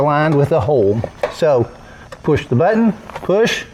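Someone talks while handling a Splash Superpool frame section, lining up its spring push-button with the hole in the mating section and pushing the pieces together. The clip ends before the button pops in, so nothing has seated or clicked yet.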